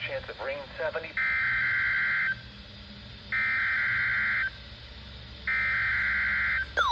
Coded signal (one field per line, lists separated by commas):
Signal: Emergency Alert System (SAME) tones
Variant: header bursts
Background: speech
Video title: KXI42 Required Weekly Test. 6/11/25 EAS #437